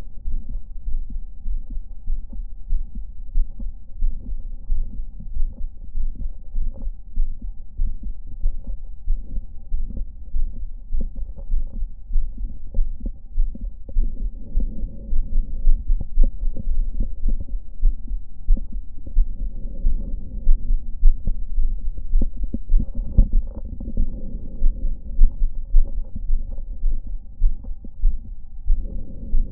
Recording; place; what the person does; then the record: lung sounds by stethoscope; left anterior apical chest; quiet breathing, then deep breathing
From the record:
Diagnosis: none (healthy); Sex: male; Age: 30 years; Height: 190 cm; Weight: 88 kg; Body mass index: 24.4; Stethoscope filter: diaphragm mode